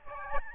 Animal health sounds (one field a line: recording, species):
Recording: mosquito wingbeat signal from an infrared sensor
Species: Aedes albopictus